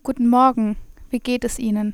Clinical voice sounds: spoken sentence; German; female; 20 to 29 years; 0; 0; 0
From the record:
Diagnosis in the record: healthy voice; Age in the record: 26 years

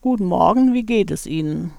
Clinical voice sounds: spoken sentence; German; female; 50 to 59 years; 0; 0; 0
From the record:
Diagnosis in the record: hyperfunctional dysphonia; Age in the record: 59 years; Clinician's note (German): Leichte Form (Carcinophobie)

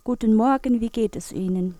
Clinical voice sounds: spoken sentence; German; female; 50 to 59 years; 1; 1; 1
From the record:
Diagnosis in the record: dysodia (singing voice disorder); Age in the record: 50 years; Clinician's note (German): Leichte Asymmetrie

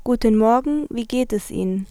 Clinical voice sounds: spoken sentence; German; female; 20 to 29 years; 0; 0; 0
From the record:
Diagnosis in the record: healthy voice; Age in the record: 20 years

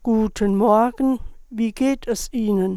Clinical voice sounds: spoken sentence; German; female; 50 to 59 years; 0; 0; 0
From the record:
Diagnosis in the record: hyperfunctional dysphonia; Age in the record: 56 years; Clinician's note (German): Ponogen

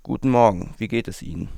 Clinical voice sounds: spoken sentence; German; male; 20 to 29 years; 0; 0; 0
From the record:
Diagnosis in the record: dysphonia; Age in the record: 21 years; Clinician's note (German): Lediglich etwas Schleim, sonst unauffällige Stimme

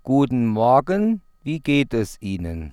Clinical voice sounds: spoken sentence; German; male; 30 to 39 years; 0; 0; 0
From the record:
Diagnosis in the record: healthy voice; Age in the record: 36 years

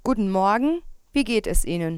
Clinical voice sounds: spoken sentence; German; female; 30 to 39 years; 0; 0; 0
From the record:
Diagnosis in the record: psychogenic dysphonia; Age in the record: 33 years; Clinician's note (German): Mit Tendenz zu Laryngospasmus

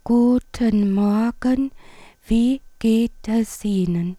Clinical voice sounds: spoken sentence; German; female; 60 to 69 years; 3; 2; 1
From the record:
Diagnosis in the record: recurrent laryngeal nerve paralysis, presbyphonia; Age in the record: 61 years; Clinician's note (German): Kompensiert, alte

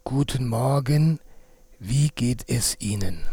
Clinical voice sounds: spoken sentence; German; male; 50 to 59 years; 3; 3; 2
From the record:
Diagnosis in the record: dysphonia, contact pachydermia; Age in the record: 53 years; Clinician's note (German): Multifaktoriell, ponogen

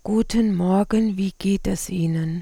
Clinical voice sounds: spoken sentence; German; female; 40 to 49 years; 2; 2; 1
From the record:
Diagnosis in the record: recurrent laryngeal nerve paralysis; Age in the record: 47 years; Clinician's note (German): Links, intubationsbedingt, mit guter stroboskopischer Restbeweglichkeit

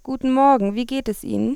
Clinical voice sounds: spoken sentence; German; female; 18 to 19 years; 0; 0; 0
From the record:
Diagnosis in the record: healthy voice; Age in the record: 19 years

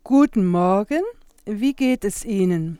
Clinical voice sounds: spoken sentence; German; female; 60 to 69 years; 0; 0; 0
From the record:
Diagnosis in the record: healthy voice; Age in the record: 61 years

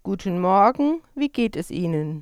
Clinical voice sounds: spoken sentence; German; female; 50 to 59 years; 0; 0; 0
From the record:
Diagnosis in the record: recurrent laryngeal nerve paralysis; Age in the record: 54 years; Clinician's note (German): Rechts, phonatorisch komplett kompensiert

